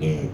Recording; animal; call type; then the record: contact call of a hoofed animal; pig; closed-mouth grunt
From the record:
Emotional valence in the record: negative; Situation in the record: short social isolation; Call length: 0.34 s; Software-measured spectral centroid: 1590 Hz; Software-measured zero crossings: 720 a second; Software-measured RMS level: -24 dBFS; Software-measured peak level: -12 dBFS